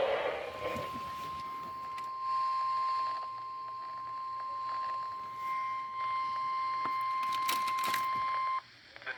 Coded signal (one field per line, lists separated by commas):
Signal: Emergency Alert System (SAME) tones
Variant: 1050 Hz attention tone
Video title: WELCOME BACK TO NC! EAS Alerts from 7/31/20 (EAS #4,792 - 4,831)